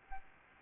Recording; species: mosquito wingbeat signal from an infrared sensor; Aedes albopictus